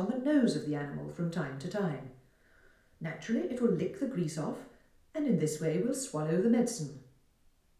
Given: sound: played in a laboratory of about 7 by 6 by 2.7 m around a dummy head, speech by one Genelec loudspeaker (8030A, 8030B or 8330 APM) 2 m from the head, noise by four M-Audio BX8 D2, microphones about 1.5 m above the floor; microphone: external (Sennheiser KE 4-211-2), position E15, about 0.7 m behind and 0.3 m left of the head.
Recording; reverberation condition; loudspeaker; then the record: female speech in English; medium; 120 degrees to the right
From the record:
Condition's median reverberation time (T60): about 510 ms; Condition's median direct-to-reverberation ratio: about -0.5 dB